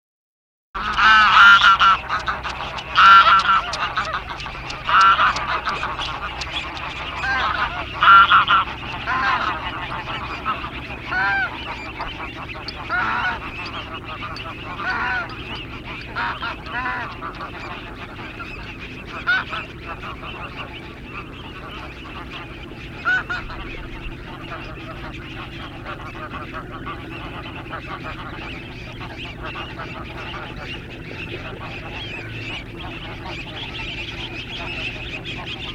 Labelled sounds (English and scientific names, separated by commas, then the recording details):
Dunlin (Calidris alpina) call
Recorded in the wild
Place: Zudar, Insel Rügen, Mecklenburg-Vorpommern, DE
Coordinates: 54.261, 13.401
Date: 1975-09-22 18:00
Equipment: Nagra III BH, Sennheiser MD 21, parabola
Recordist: Schubert, Michael
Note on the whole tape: Strandläufer - Schwarm, unbekanntes Schmatzgeräusch